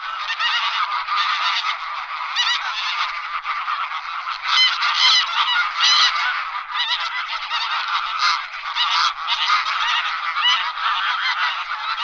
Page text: Голоса птиц - Серый гусь (Anser anser)